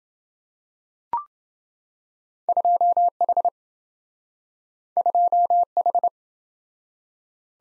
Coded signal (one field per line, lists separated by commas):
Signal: Morse code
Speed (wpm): 27 wpm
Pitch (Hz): 700 Hz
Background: none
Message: 2H 2H